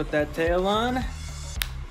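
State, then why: Seated. Someone talks as a plastic tail piece of a toy dinosaur action figure is pushed into its socket on the figure's body. A single sharp click sounds at 1.6 s, and the tail seats easily into the body.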